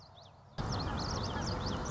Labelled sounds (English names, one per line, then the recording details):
Common Yellowthroat
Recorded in Sonoma County, California